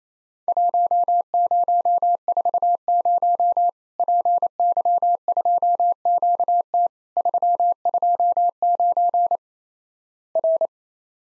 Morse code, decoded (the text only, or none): 1040 PY2QT 329 R